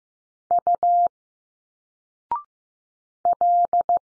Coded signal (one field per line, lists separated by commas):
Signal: Morse code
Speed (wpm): 15 wpm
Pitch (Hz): 700 Hz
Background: none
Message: U L